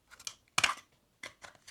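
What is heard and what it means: A fixed-blade knife is pulled out of its Kydex sheath against the sheath's retention, which takes a bit of pressure but not too much. Light scraping and handling sounds lead into a sharp snap at 0.6 s as the knife pops free, followed by a few softer handling noises.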